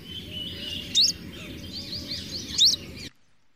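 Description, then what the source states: Hume's leaf warbler calls: two sharp, upslurred high notes about one and a half seconds apart, over a steady background hiss. Call described as very variable, unlike the standard call of yellow-browed warbler.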